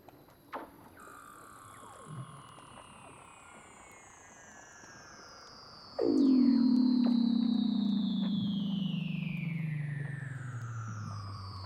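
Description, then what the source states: Weddell seal underwater calls: a long high whistle gliding steadily down, then a loud sudden drop into a low descending moan that fades slowly. Weddell seals recorded underwater by Douglas Quin.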